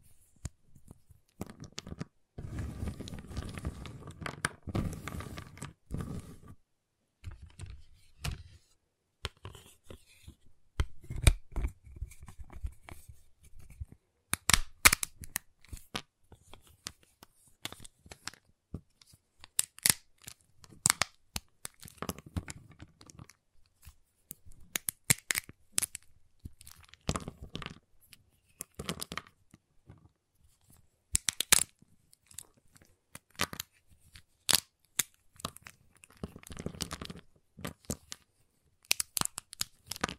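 Handling a giant chocolate bar: a dense low rustle early, then scattered sharp taps, snaps and crunchy cuts recurring every second or two.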